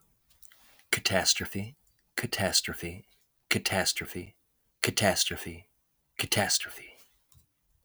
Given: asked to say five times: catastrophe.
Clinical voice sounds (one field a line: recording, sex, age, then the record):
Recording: repeated word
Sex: male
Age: 30 to 39 years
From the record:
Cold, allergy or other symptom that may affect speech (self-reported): no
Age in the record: 32 years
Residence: Tennessee, United States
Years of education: 14